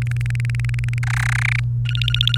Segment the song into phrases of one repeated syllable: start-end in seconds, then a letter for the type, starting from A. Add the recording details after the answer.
0.02-0.98 A, 1.03-1.60 B, 1.85-2.38 C. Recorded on 28 April 2018 at 11:50. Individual llb3